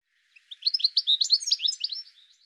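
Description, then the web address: Bird chirping call, a quick run of high, sharp chirps and slurred notes lasting about a second and a half, with no other sounds. "cianscape birddata Deverinetal 2025 File cleaned normalized Bird"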